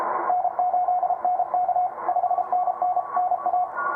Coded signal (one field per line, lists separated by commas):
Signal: Morse code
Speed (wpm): 30 wpm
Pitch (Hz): 720 Hz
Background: radio noise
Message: N8NK 5NN NA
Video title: 6’ High 40m EFHW Real World SHTF Desperation Antenna Works 7 using CW